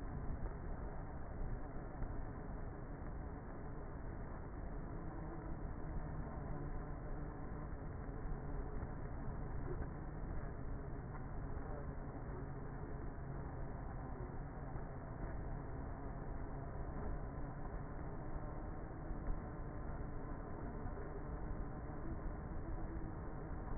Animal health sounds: honeybee colony, microphone inside the hive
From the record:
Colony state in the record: queenless with a low population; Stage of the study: before two queens were removed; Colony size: about 30,000 bees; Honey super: no

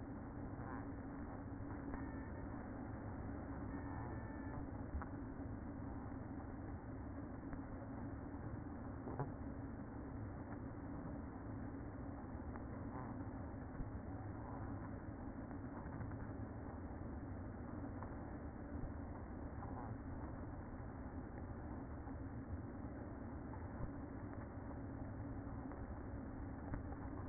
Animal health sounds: honeybee colony, microphone inside the hive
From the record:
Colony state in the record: queen present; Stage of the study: after two queens were removed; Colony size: about 60,000 bees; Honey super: yes

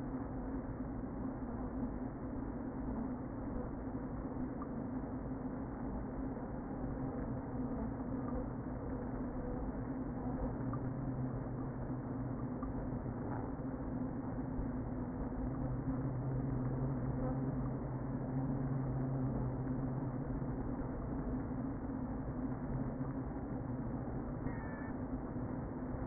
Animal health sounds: honeybee colony, microphone inside the hive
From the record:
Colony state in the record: queen present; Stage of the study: before two queens were removed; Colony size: about 60,000 bees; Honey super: yes

